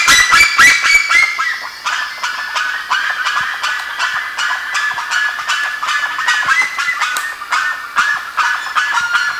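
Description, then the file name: Bird calls, a burst of loud clicks at the start, then fast repeated chattering notes. "SABIOD 50 bird 2015"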